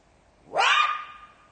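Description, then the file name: Jackal call: a sudden, rasping yelp that sweeps upward and then holds a thin, steady tone as it fades out. "zvuki shakala"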